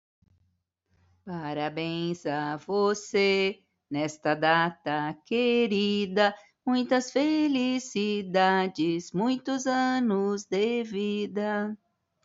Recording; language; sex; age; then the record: short text; Brazilian Portuguese; female; 60 to 69 years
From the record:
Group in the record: control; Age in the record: 64 years